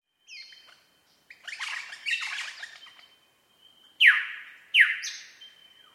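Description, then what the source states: Superb lyrebird song: thin whistles and scratchy chatter, followed by two loud, steeply falling whip notes and a high whistled tail. Recorded at Mount Airly; date given as 30 May 2011.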